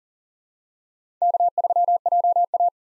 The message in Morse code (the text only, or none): K3JA